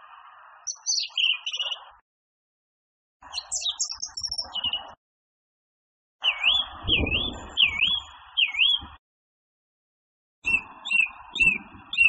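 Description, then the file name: Song thrush song: several bursts of varied phrases, including a run of looping whistled notes, with a buzzy lower layer and low rumbling noise in one burst. Masteran recording used for training songbirds. "suara masteran songthrush"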